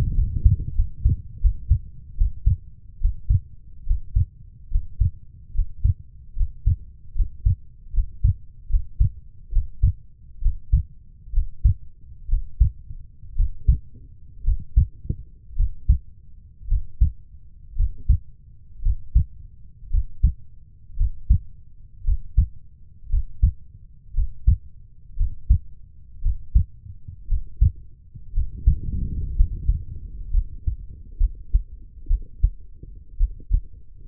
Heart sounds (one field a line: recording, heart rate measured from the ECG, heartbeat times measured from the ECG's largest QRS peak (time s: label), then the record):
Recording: heart sounds by stethoscope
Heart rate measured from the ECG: 64 bpm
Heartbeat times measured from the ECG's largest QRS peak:
0.15 s: heartbeat
0.75 s: heartbeat
1.41 s: heartbeat
2.17 s: heartbeat
3.00 s: heartbeat
3.86 s: heartbeat
4.70 s: heartbeat
5.53 s: heartbeat
6.35 s: heartbeat
7.14 s: heartbeat
7.92 s: heartbeat
8.68 s: heartbeat
9.51 s: heartbeat
10.41 s: heartbeat
11.32 s: heartbeat
12.28 s: heartbeat
13.35 s: heartbeat
14.43 s: heartbeat
15.55 s: heartbeat
16.67 s: heartbeat
17.75 s: heartbeat
18.81 s: heartbeat
19.89 s: heartbeat
20.96 s: heartbeat
22.03 s: heartbeat
23.09 s: heartbeat
24.13 s: heartbeat
25.16 s: heartbeat
26.21 s: heartbeat
27.27 s: heartbeat
28.32 s: heartbeat
29.35 s: heartbeat
30.30 s: heartbeat
31.17 s: heartbeat
32.07 s: heartbeat
33.17 s: heartbeat
From the record:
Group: healthy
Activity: Valsalva maneuver 0-26 s, rest 26-34 s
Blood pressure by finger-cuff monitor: 108/73 mmHg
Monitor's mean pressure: 81 mmHg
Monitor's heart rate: 66 bpm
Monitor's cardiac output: 4.6 L/min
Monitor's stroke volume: 73 mL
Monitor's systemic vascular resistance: 1280 dyn s/cm5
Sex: female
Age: 23 years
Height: 160 cm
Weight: 50.4 kg